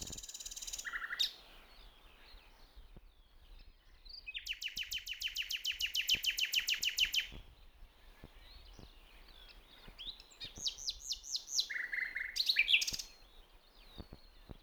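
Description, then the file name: Common nightingale song: a low brief whistle, then a long rapid stuttering trill, followed by a run of sharp notes and a short whistled phrase, over soft bird chatter. "Luscinia megarhynchos"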